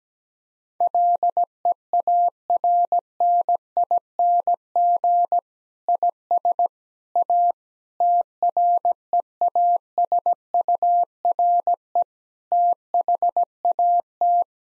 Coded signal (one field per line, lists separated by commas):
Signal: Morse code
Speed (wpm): 17 wpm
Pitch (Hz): 700 Hz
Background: none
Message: LEARNING IS A TREASURE THAT